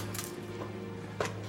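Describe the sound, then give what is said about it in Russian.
A couple of light metallic clinks and taps as three keys and a pocket watch with a chain are set down on a hard surface during an inventory of an arrested man's belongings at an MGB remand prison, with a softer knock between them over a steady low hum. “Ключи три штуки. Часы карманные с цепочкой.”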